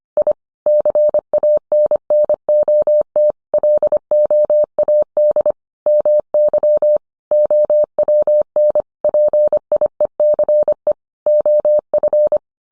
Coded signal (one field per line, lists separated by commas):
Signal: Morse code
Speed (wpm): 25 wpm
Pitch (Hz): 600 Hz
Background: none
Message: I CANNOT LOAD MY OWN PIECE OF